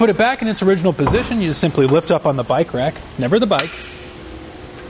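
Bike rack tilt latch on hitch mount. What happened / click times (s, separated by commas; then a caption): The rack is being handled; the latch has not clicked home yet / none. A hitch-mounted RockyMounts BackStage platform rack for 2 bikes on a 2018 Cadillac XT5 is being handled: it is lifted by the rack, never the bike, from its tilted position back toward upright, while someone talks over it. After about 3.7 s the voice stops and only a low, steady background remains. The metal tilt latch has not clicked into place yet, so nothing has seated.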